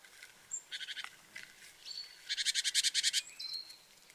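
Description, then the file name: Great tit churring: two fast rattling series of harsh, buzzy notes with a thin whistle between them, over steady background hiss. "Parus major"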